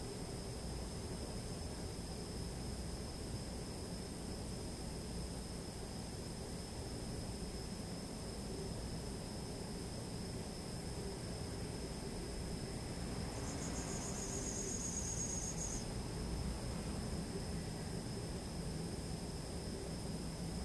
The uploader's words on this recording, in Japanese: とある日の秋の気配。まだ晴れた昼間は暑いけど、夜は涼しくなってきました。Mic: huawei nova lite 2。